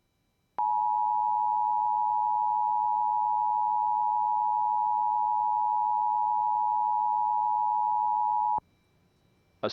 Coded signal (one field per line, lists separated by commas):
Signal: Emergency Alert System (SAME) tones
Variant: 853 and 960 Hz attention tone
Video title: EAS Blue Alert on WJON IP Radio